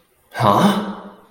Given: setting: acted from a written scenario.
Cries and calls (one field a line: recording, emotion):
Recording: vocal sound without words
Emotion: negative surprise